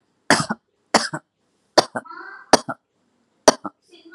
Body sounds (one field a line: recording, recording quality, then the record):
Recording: shallow voluntary cough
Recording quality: excellent, no background noise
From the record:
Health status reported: recovered from COVID-19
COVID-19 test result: positive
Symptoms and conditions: cold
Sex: female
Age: 42 years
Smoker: not ticked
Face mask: not worn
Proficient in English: yes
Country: India